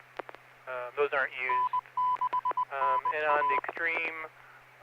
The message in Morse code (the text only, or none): N6NA